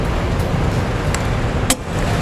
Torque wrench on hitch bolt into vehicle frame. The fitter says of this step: sure that you keep going until you hear the little click there